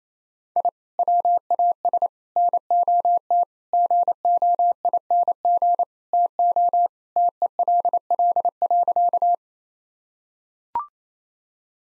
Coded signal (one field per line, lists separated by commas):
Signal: Morse code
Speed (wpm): 28 wpm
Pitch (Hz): 700 Hz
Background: none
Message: I WAS NOT GOING TO TELL.